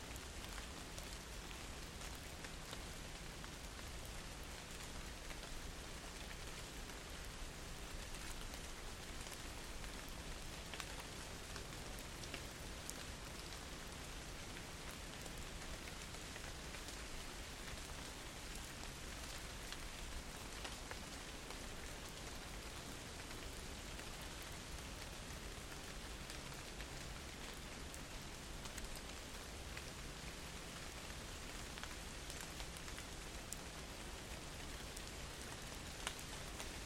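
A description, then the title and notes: Steady, dense rain patters on leaves and pavement, an even hiss with a faint low hum from the street beneath. Gentle Rain On A Tree Lined Street. Rain falling on leaves and city sidewalks. It's a rainy evening, and the streets are glistening under the streetlights.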